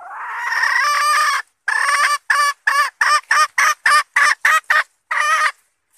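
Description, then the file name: Red junglefowl hen calls with a long, harsh note, then a lengthy series of rapid, evenly loud clucks, ending on a slightly longer note. Hen (female) calling to find a mate. "tieng ga rung mai keu tim kiem ban tinh"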